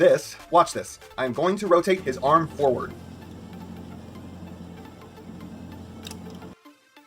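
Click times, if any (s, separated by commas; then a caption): 6.1 s. Someone talks as the arm of a Studio Series Blitzwing transforming action figure is rotated forward. The plastic wing/chest tabs slip out of the shoulder sockets with quick plastic clicks at 6.1 s and 6.1 s, and the toy falls back toward vehicle mode, because the chest doesn't tab into the body or lock in anywhere.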